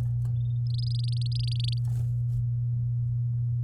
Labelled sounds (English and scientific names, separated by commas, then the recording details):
Domestic Canary (Serinus canaria) song
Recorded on 9 May 2018 at 13:47
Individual llb16